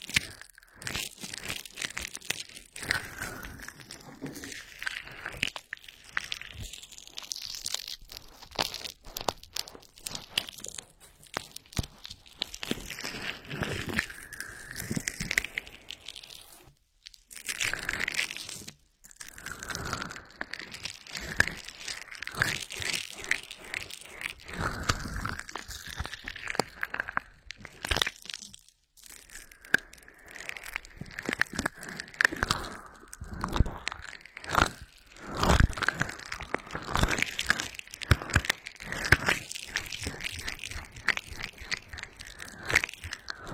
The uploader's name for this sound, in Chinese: 精油揉耳按摩